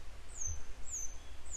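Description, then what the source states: Grey wagtail giving three high, thin, descending call notes in quick succession above a low, constant rumble. A pair of grey wagtails still searching for their young today; follow-up recording.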